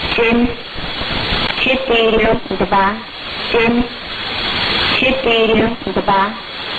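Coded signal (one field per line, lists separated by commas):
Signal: numbers station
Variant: S06s, Russian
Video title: 19 03 2019 S06s Russian Lady numbers station in Russian to Eu 0731 on 7425 unknown tx site USB+AM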